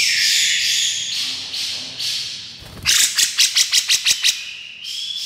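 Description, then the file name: Grey-cheeked bulbul: hoarse, rasping phrases, then about eight quick sharp notes in a steady run, ending on a thin whistle. Female bird. "suara cucak jenggot betina"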